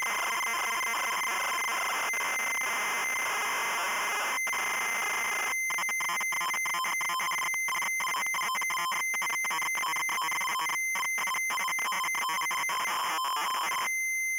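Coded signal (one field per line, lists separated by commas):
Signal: ZX Spectrum tape loading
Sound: harsh buzzing warble rapidly switching between two pitches, with brief silent gaps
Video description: Loading and short gameplay introduce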